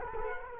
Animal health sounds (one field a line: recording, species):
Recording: mosquito wingbeat signal from an infrared sensor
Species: Culex quinquefasciatus